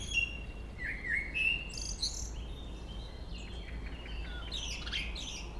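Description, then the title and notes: Common blackbird song: a fluty warbled phrase with a high squeaky end, then thin high twitters, over a constant low hum. Local blackbird singing along Chemin des cris, Chindrieux, France. "Chemin des cris, 73310 Chindrieux, France - Merle. Un beau chant de merle local"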